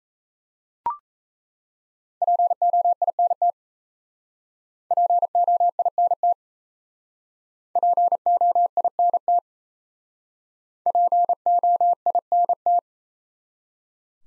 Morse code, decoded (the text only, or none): POINT POINT POINT POINT